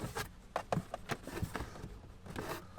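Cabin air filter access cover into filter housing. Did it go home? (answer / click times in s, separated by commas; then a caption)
yes / 0.6 s. The plastic cabin air filter access cover on a 2011-14 Hyundai Elantra is pushed back into the filter housing behind the glove box. It clicks into place at 0.6 s, followed by further short clicks and knocks at about 0.7, 0.9, 1.6 and 2.4 s amid soft rubbing and handling noise. The cover is seated.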